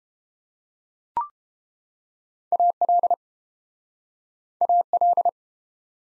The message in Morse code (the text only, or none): AL AL